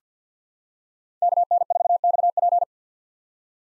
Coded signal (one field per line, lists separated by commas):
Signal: Morse code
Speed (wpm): 50 wpm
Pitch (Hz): 700 Hz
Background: none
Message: KN4XP